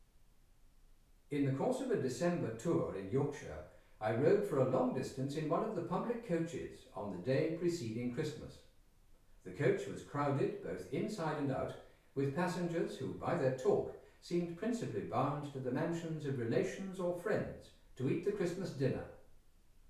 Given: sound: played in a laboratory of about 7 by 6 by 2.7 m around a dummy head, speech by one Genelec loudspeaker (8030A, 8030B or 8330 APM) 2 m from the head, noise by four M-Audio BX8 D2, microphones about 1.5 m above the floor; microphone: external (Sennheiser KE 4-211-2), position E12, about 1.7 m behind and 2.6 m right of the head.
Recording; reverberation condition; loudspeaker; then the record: male speech in English; medium; 120 degrees to the left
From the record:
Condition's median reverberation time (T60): about 510 ms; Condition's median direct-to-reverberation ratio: about -0.5 dB